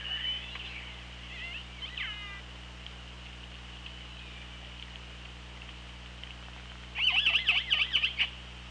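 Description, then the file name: Killer whale with faint sweeping calls early on, then a loud burst of rapid clicks and buzzy pulses near the end, over low steady hum. OrcaLab hydrophone recording, 24 August 2017, 17:35. "Orca Lab UTLN JASON 20170824 173512"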